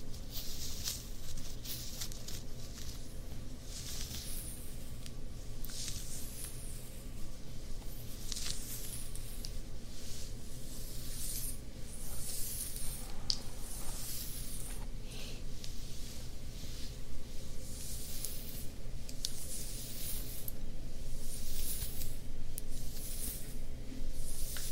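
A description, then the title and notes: Ear massage and fabric scratching: soft rubbing strokes make bright, hissing swishes that repeat roughly every second, some sharper than others. A steady low hum runs underneath throughout, and the strokes grow slightly louder toward the end. ASMR Ear Massages + Fabric Scratching on 3DIO.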